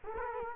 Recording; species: mosquito wingbeat signal from an infrared sensor; Culex quinquefasciatus